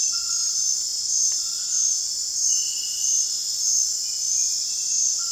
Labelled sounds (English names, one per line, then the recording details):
none
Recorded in dense forest near Puerto Asís, Putumayo, Colombia, on 25 June 2025 at 21:00
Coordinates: 0.468, -76.322
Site GP03